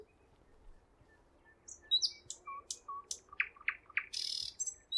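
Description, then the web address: Nightingale singing a brief phrase of sharp chips, low whistled notes and descending strokes, closing with a harsh buzzy burst. Singing at Roslawien on 13 May 2016. "slowik-spiew-slowika-roslawien-13052016"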